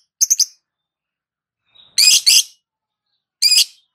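Lovebird calls: a short triple chirp, then after a pause two harsh, high squawks and a final shrill double note, all clean and piercing.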